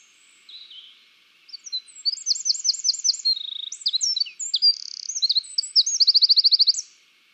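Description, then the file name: Eurasian wren song, a loud high-pitched burst of rapid chips, buzzy notes and fast trills running for about six seconds, ending in a rattling trill. "Troglodytes troglodytes"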